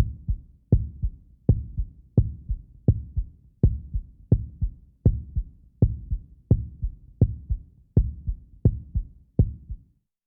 Heart Beat on Stethoscope.